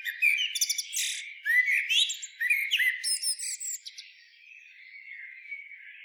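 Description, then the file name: Common blackbird song: a short run of squeaky high twitters and mellow mid-pitched warbled notes, then a soft trailing phrase that fades over the last two seconds. "Turdus merula"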